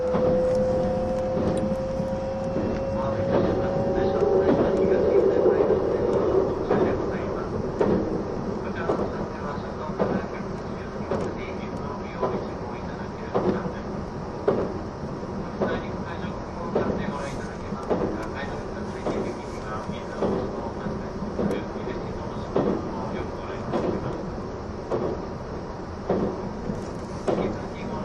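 Running sound recorded aboard an E261 series Saphir Odoriko train: a steady low rumble with frequent rhythmic clicks and thumps from the rails. A rising tone sings out over the first six seconds, then the ride settles into an even, dense clatter.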